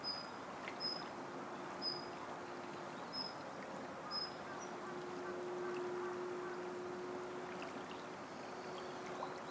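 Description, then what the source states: Bird giving a short, high whistled note repeated several times, over steady background noise and a low steady hum. Birdsong by the waterside along the slowly flowing Tama River in the morning, as clouds turn the colour of the morning sun.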